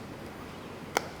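A replacement screen assembly part is gently and patiently pressed into an iPhone 5s phone frame during screen reassembly. Against a quiet background, a single sharp click sounds at 0.97 s, and someone talks to confirm it. The part is seated in place.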